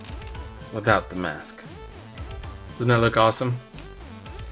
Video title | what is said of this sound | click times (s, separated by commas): HUGE Spider-Man 12 inch MARVEL LEGENDS Action Figure by Hasbro! | let me see I didn't hear it snap I'm assuming it's in there well but hopefully doesn't just pop off | none